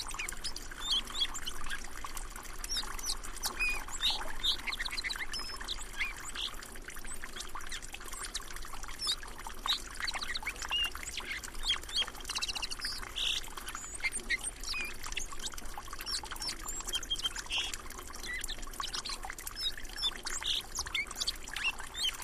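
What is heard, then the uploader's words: A song sparrow sings amid a constant patter of water dripping from a melting roof onto the ground below. The dripping is dense and steady throughout, bright, while short chirps and trills rise above it every few seconds. I heard a Song Sparrow singing from the bushes near the entrance. The bird was perched in a low bush very close to a drainspout. The melting snow from the roof resulted in a fair amount of water dripping to the ground, creating an tinkling accompaniment to the sparrow’s song. It continued to sing for nearly ten minutes with only short pauses between long verses.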